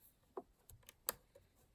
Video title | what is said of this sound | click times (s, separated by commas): Parcels & Petals Birthday Card | can kind of hear it click it | 1.1 s